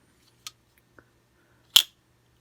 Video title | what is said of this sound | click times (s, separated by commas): Gerber Gator Knife Impressions | let's close it listen to that that's positive engagement if I ever did hear it | 1.8 s